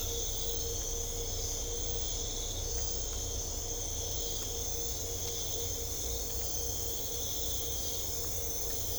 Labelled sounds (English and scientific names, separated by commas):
none